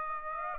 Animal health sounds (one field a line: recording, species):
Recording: mosquito wingbeat signal from an infrared sensor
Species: Aedes aegypti